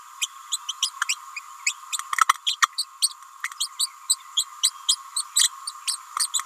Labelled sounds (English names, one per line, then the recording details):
Green-rumped Parrotlet babbling
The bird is a female
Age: 29 days
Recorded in a nest box in Venezuela
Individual 17B31A3